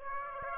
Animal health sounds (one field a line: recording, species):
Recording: mosquito wingbeat signal from an infrared sensor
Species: Aedes aegypti